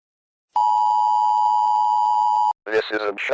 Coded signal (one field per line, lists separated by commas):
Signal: Emergency Alert System (SAME) tones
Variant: 853 and 960 Hz attention tone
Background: speech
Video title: Eas scenario: Horrors of the Freakager / Halloween special